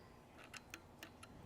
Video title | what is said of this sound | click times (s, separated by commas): Parts of the Microscope | do you hear that clicking noise | 0.7 s